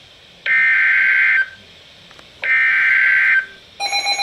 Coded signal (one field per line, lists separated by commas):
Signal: Emergency Alert System (SAME) tones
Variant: header bursts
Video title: Special Marine Warning (EAS #1,152)